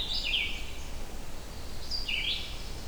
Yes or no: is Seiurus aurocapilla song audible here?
no